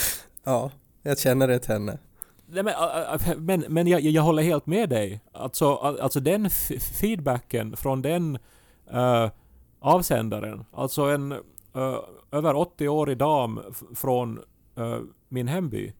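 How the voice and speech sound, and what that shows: Adult Finland-Swedish man speaking Swedish with stuttering that is more or less audible: repeated words and phrases and repeated filled pauses ("uh", "äh") interrupt the flow, with frequent pauses between phrases.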